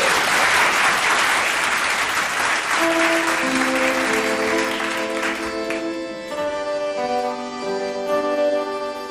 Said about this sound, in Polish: Oklaski, oczywiście.